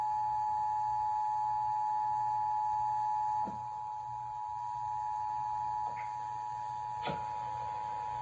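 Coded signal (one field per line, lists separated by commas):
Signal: Emergency Alert System (SAME) tones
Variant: 853 and 960 Hz attention tone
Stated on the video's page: National EAS test aired on a TV station and a radio station.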